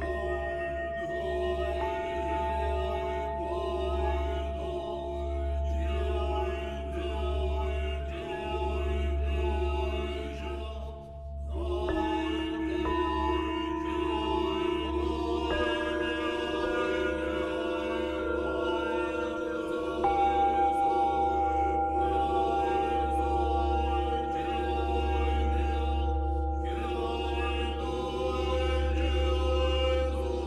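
Singing bells ring in long, overlapping sustained tones over a steady deep hum, with soft pulsing swells every second or so. Around eleven seconds the sound briefly thins before new strikes bloom, and a clear high tone holds from about twenty to twenty-six seconds.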